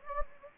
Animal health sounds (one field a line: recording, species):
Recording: mosquito wingbeat signal from an infrared sensor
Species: Anopheles gambiae